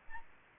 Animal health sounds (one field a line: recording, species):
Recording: mosquito wingbeat signal from an infrared sensor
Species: Aedes albopictus